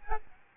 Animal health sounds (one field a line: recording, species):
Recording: mosquito wingbeat signal from an infrared sensor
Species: Aedes albopictus